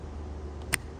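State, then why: Seated. A red plastic terminal position lock in a wiring connector on a 2019–2021 5th Gen 6.7 Cummins is pushed fully in with a screwdriver. A single sharp snap is heard at 0.7 s over a low steady background hum. The lock is seated.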